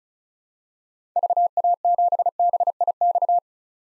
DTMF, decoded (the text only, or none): none